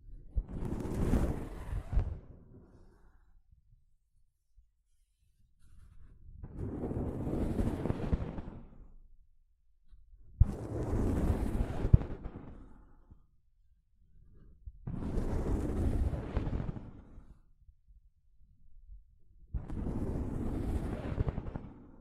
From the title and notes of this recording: ASMR Mic Brushing using Soft Fabric (No Talking).